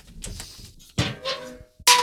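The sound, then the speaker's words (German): A tinplate can lands on steel shavings with a quick series of sharp metallic clanks and rattles, each leaving a brief ringing tone; the final impact is the loudest. No one speaks. “Ihr habt's gehört, ich habe was weggeworfen.”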